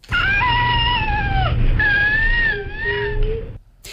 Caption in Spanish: El síndrome se llama precisamente cri du chat, porque es este sonido, este llanto, recuerda al maullido de un gato.